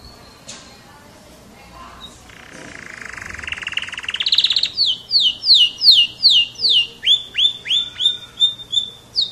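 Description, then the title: Canary song: a harsh buzzy trill that rises in pitch and loudness, then a run of rapid repeated sweeping whistled notes, regular and ringing. Champion singing canary. "Kicau Burung Kenari Juara"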